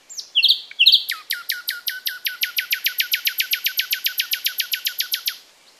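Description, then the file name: Common nightingale singing two quick chirpy notes, then a long rapid series of many sharp, identical strokes delivered evenly at a fast, steady pace. "Luscinia megarhynchos"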